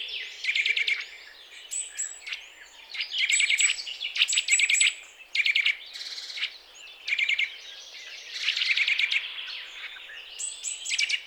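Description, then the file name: Eurasian nuthatch repeating brisk clusters of sharp notes again and again. "Sitta europaea"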